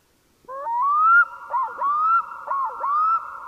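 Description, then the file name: Black-throated loon giving loud, clear tonal calls, each note rising and repeated about once a second in a flowing, wailing series. "parelduiker"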